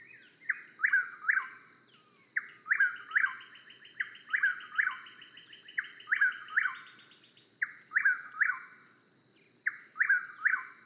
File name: Chuck will's widow